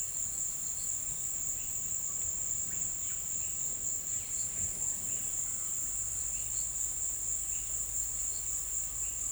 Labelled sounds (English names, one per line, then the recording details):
none
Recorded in pastures near Puerto Asís, Putumayo, Colombia, on 22 December 2024 at 16:30
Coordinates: 0.472, -76.329
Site G072